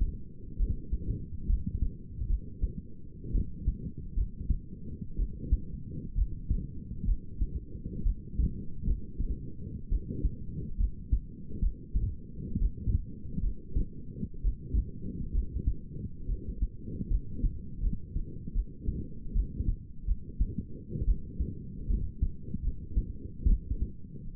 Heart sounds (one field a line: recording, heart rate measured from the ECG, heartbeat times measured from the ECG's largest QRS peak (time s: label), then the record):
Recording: heart sounds by stethoscope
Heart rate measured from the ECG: 68 bpm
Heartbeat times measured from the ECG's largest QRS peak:
0.58 s: heartbeat
1.48 s: heartbeat
2.28 s: heartbeat
3.33 s: heartbeat
4.16 s: heartbeat
5.17 s: heartbeat
6.16 s: heartbeat
7.06 s: heartbeat
8.04 s: heartbeat
8.85 s: heartbeat
9.90 s: heartbeat
10.78 s: heartbeat
11.61 s: heartbeat
12.60 s: heartbeat
13.42 s: heartbeat
14.42 s: heartbeat
15.33 s: heartbeat
16.27 s: heartbeat
17.09 s: heartbeat
17.82 s: heartbeat
18.54 s: heartbeat
19.34 s: heartbeat
20.07 s: heartbeat
21.06 s: heartbeat
21.88 s: heartbeat
22.63 s: heartbeat
23.47 s: heartbeat
24.35 s: heartbeat
From the record:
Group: healthy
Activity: light exercise 0-23 s, rest 23-24 s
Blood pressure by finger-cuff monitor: 102/60 mmHg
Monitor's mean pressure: 74 mmHg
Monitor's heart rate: 67 bpm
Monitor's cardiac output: 6.2 L/min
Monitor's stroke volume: 93 mL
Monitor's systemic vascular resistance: 850 dyn s/cm5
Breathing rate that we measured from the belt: 27 breaths a minute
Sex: female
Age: 28 years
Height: 170 cm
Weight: 77 kg